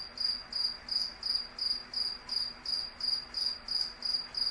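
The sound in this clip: Cricket producing a string of shrill, evenly spaced chirps, close to three per second, with a faint steady hum underneath.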